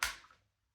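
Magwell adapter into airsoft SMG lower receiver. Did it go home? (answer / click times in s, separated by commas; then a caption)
yes / 0.0 s. A plastic/metal magwell adapter is worked in around the receiver block of a Well Pro WE06 PPK-20 airsoft SMG lower receiver. One sharp click at 0.0 s is followed by a faint tick near 0.3 s, and the adapter snaps into place, seated.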